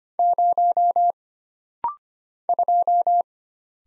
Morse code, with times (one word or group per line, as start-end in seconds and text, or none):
0.2-1.1 0
2.5-3.2 2